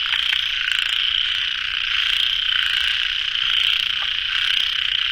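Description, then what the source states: Dense frog chorus, a constant high-pitched trilling hum with occasional sharp croaks and slight rises in loudness. Frogs at a pond late at night, recorded in the field by the uploader.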